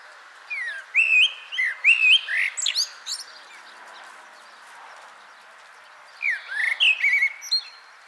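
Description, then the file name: Common blackbird song: mellow whistled notes mixed with thin, high squeaky notes, a pause, then another fluted phrase with a squeaky ending. "Turdus merula"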